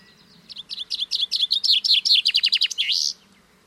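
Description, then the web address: Common chaffinch song phrase of sharp notes, a falling rattling trill and an emphatic ending flourish, heard cleanly against a quiet background. "Deverinetal 2025 File origin Bird Only Fr Co"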